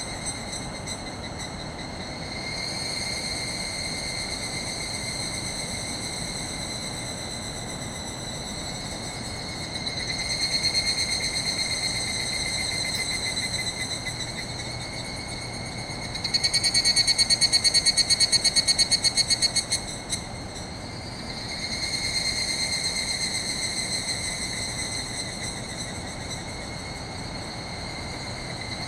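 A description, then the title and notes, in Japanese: Evening cicadas call together in a forest after sunset, a shrill ringing chorus that swells and fades in overlapping waves. One cicada stands out from about 16 to 21 seconds with a louder, rapidly pulsing trill over a soft, steady background hush. ヒグラシの合唱。日没後の林内でヒグラシが美しい歌声で鳴き交わしていました。ZOOM H6, Sennheiser MKH8020。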